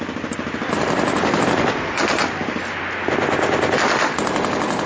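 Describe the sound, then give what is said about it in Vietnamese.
Sustained bursts of rapid gunfire from the direction of the Cầu Muống canal crackle almost without pause, loud and dense, with brief dips between volleys before the shooting resumes. “Thêm mấy loạt súng nổ khang ở phía kinh cầu muốn rồi tất cả đều im bặt.”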